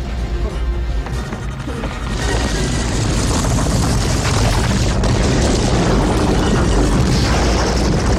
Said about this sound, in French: Et pour vendre l'authenticité au public, le designer sonore Ben Burtt a utilisé le son, en fait, d'une voiture sur le neutre, sur une route de gravel.